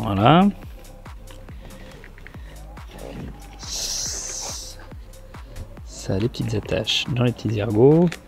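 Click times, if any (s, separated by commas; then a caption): none. Small plastic attachments on an ASMAX F1 motorcycle intercom speaker and cable are pushed onto small lugs inside a helmet, with the clip being worked into place. Someone talks while brief handling ticks and taps sound throughout. Nothing has seated or clicked yet when the clip ends.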